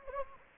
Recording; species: mosquito wingbeat signal from an infrared sensor; Anopheles gambiae